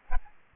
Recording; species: mosquito wingbeat signal from an infrared sensor; Aedes albopictus